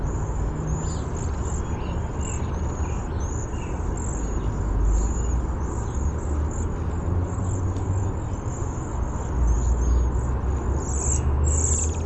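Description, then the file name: Cedar waxwing calls, a constant stream of very high, thin, lisping notes over a heavy low-pitched rumble. Bzee-seee call type. "CEDW bzee seee"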